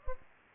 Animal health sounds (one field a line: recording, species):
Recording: mosquito wingbeat signal from an infrared sensor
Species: Anopheles gambiae